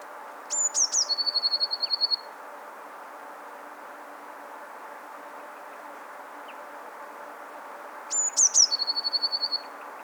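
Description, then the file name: Eurasian blue tit phrase of high thin notes dropping into a quick trill, repeated after a long pause. "Cyanistes caeruleus"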